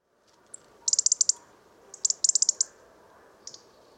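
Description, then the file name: European robin tic calls, crisp high clicks fired in rapid strings of about six, two main bursts with a few single ticks between, quiet background. "Erithacus rubecula"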